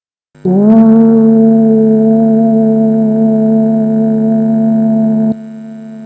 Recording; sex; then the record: sustained vowel /u/; female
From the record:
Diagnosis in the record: healthy control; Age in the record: 62 years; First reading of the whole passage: 101 s, 4.7 characters per second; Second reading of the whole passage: 77 s, 5.9 characters per second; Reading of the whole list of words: 66 s, 3.9 characters per second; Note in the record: marked for poor recording quality or reading difficulty